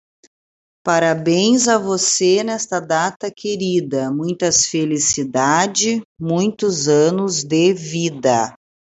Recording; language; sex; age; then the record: short text; Brazilian Portuguese; female; 40 to 49 years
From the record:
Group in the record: control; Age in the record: 48 years